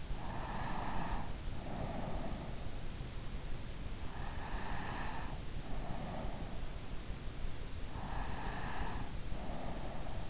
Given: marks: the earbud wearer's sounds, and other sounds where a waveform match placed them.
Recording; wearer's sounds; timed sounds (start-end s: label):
sounds in sleep by an in-ear microphone; breath
0.00-2.65 s: breath
3.99-6.98 s: breath
8.03-10.30 s: breath